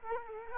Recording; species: mosquito wingbeat signal from an infrared sensor; Culex quinquefasciatus